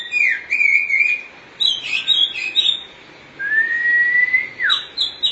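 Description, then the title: Oriental magpie-robin song: clear whistled phrases near mid pitch, a long rising whistle that drops sharply, and high scratchy notes between. Chirping song (kicauan) of the bird. "Suara Kicauan Burung Kacer Durasi Panjang"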